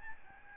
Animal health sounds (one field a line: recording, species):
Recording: mosquito wingbeat signal from an infrared sensor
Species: Aedes albopictus